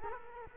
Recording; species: mosquito wingbeat signal from an infrared sensor; Culex quinquefasciatus